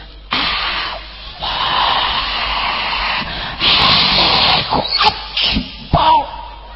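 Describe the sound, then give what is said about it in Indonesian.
A voice imitates a devout worshipper hissing during the takbir of prayer: sharp, breathy, forceful airy hiss bursts of varying length with brief pauses between, loud and noisy across a broad high range. “Satu ketika lek takbir iku, wah saking khusuke nganti ngeses-ngeses.”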